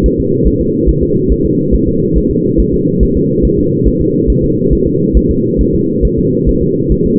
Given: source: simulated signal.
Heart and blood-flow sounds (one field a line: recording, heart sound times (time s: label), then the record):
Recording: fetal heart sounds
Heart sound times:
0.06 s: S1
0.20 s: S2
0.47 s: S1
0.61 s: S2
0.89 s: S1
1.03 s: S2
1.32 s: S1
1.46 s: S2
1.75 s: S1
1.88 s: S2
2.18 s: S1
2.31 s: S2
2.60 s: S1
2.74 s: S2
3.03 s: S1
3.17 s: S2
3.45 s: S1
3.59 s: S2
3.88 s: S1
4.01 s: S2
4.30 s: S1
4.44 s: S2
4.73 s: S1
4.87 s: S2
5.17 s: S1
5.31 s: S2
5.61 s: S1
5.75 s: S2
6.05 s: S1
6.19 s: S2
6.49 s: S1
6.62 s: S2
6.92 s: S1
7.06 s: S2
From the record:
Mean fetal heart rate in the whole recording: 140 bpm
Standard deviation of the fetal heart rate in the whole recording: 2 bpm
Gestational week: 34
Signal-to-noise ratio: -11.2 dB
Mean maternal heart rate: 72 bpm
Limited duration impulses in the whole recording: present